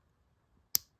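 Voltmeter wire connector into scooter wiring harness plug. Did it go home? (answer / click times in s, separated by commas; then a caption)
yes / 0.8 s. After an earlier failed try, a voltmeter's plastic wire connector is pushed into the wiring harness plug of a 48-volt Razor scooter. Faint low rustling is followed by a single loud, sharp click at 0.8 s that fades quickly. The connector seats and the voltmeter is hooked up.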